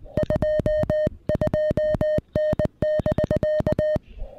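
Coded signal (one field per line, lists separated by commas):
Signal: Morse code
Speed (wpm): 20 wpm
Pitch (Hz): 610 Hz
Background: music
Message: 22N<BK>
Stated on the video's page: CW summit (SOTA) activation using a Venus SW-3B radio.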